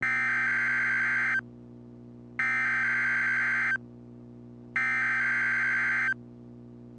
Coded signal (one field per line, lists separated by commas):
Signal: Emergency Alert System (SAME) tones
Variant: header bursts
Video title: Required Weekly Tests 12/16/2020 (EAS #158-163)